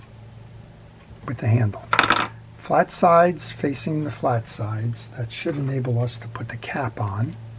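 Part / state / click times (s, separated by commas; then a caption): side cap onto a baitcasting fishing reel frame / not seated / none. Someone talks while lining up the flat sides of the handle with the flat sides on a DAM Quick 3000LH round baitcasting fishing reel, ready to put the side cap onto the reel frame. Brief sharp handling ticks sound around 2.0 and 2.1 s. Nothing has seated or clicked yet.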